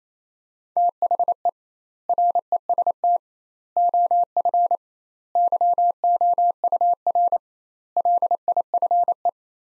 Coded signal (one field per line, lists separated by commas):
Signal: Morse code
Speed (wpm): 28 wpm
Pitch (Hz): 700 Hz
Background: none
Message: THE REST OF YOUR LIFE